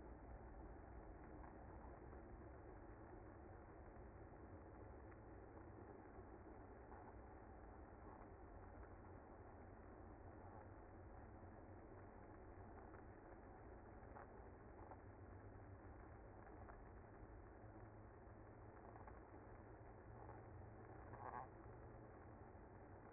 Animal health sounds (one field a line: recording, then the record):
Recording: honeybee colony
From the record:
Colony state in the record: active